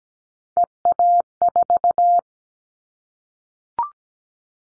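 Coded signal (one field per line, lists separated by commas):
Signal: Morse code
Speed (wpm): 17 wpm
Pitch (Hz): 700 Hz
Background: none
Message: EA4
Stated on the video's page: Morse drill of callsign prefixes for the top 25 DXCC entities at 17 wpm, each sent, spoken, then sent again.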